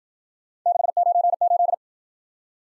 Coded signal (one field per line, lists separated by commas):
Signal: Morse code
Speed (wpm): 52 wpm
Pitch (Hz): 700 Hz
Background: none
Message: 698